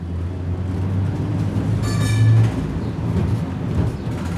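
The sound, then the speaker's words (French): A tram in Salt Lake City, Utah, rolls toward the city centre with a steady low electric hum and broad rumbling, broken midway by a brief, bright metallic squeal of wheels on rails. No one speaks. “Nous montons dans le tramway pour rejoindre le cœur de Salt Lake City.”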